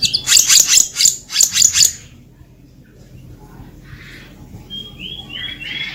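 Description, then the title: Selendang biru: bird song: a rapid series of high chattering notes for two seconds, then a quiet pause and a few short rising whistles at the end. Used as a trapping lure (pikat); title calls it gacor (calling persistently) with 'ngeroll' rolling song and 'isian'. "BURUNG SELENDANG BIRU GACOR NGEROLL ISIAN"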